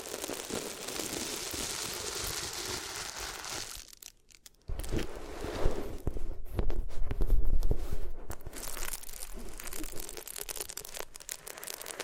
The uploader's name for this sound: Rubbing Your Ears on Different Materials